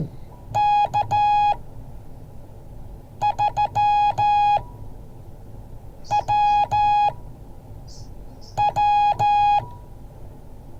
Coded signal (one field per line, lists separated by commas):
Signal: Morse code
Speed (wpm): 14 wpm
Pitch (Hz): 830 Hz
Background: none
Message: K3WW